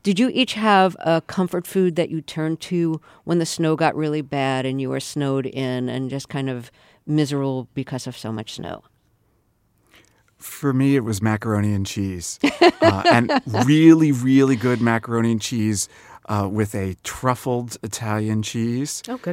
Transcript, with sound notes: Did you each have a comfort food that you turn to when the snow got really bad, and you were snowed in and just kind of miserable because of so much snow?
For me, it was macaroni and cheese.
(Laughter).
And really, really good macaroni and cheese with a truffled Italian cheese.